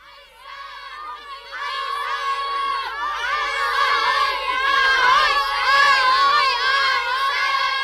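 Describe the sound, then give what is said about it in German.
Many children shout and yell at once in a loud, continuous clamor, high excited voices overlapping and rising in intensity as a snowball fight rages on a building site. “zurück zum Bauplatz, wo die Schneeballschlacht im vollen Gange war.”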